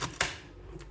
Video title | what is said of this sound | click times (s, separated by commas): JOYROOM PODIX 140W 5-Port Desktop GaN Charger Review #joyroom #podix #GaN #140W | Snaps back in nicely. | 0.2 s